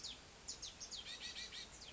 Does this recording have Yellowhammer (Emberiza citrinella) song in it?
no